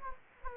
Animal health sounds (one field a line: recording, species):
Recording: mosquito wingbeat signal from an infrared sensor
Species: Anopheles gambiae